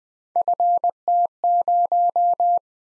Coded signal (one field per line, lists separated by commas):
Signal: Morse code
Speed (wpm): 20 wpm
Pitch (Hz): 700 Hz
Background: none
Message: FT0